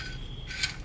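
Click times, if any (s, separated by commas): 0.6 s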